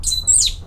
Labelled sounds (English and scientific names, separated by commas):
Stitchbird (Notiomystis cincta) song